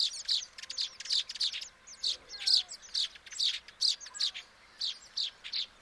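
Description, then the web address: Baya weaver chirping: short bright chirps in quick bursts, a little uneven, with brief pauses between groups of notes. "sound Baya-weaver. صدای-پرنده-جولای-بایا"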